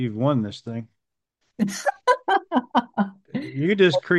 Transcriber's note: laughs